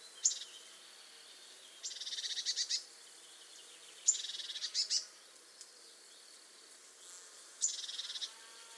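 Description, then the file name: Eurasian blue tit churring calls: sharp high ticks and dry, buzzy rattles in three bursts separated by quiet pauses. "Cyanistes caeruleus"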